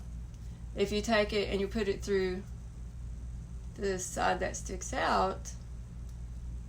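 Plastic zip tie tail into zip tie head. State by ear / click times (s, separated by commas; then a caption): not seated / none. A plastic zip tie's tail is fed into the wrong side of the zip tie head, the side that sticks out, and it won't go through or stay in. Someone talks throughout, with a faint brief sound near 0.3 s. The ratchet does not catch, and nothing has clicked or seated.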